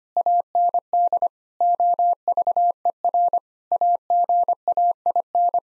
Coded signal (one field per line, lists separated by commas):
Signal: Morse code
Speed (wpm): 25 wpm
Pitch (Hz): 700 Hz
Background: none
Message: AND OVER AGAIN